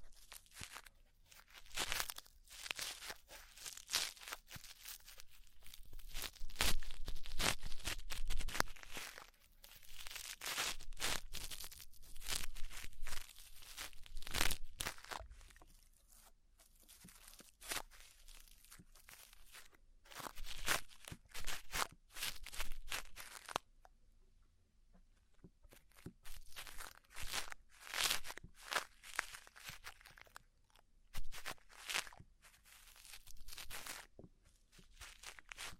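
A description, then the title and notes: Crackly scratching and rustling sound during an ear-cleaning session, coming in dense bursts of rapid crisp clicks. The busiest stretches fall around 6 to 15 seconds and again near 20 and 30, with a brief quiet gap near 25 seconds. ASMR Deep Ear Cleaning Session. (No Talking).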